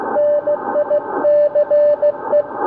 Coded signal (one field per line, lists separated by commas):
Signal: Morse code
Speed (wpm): 16 wpm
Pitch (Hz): 590 Hz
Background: radio noise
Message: NICE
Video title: 500 Milliwatt QRPp YB1UUU - YC1ME